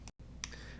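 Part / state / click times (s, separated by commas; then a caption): satellite dish onto mounting pole connector / seated / 0.4 s. A Starlink satellite dish is pushed onto the mounting connection molded into the end of a metal ground mount pole, a little over 7 feet long, for use over an Airstream. After a faint tick at 0.1 s and a brief silent gap, a sharp click at 0.4 s marks the dish seating securely on the pole.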